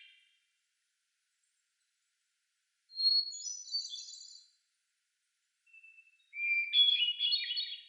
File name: John Neville - Hermit Thrush Grive Solitaire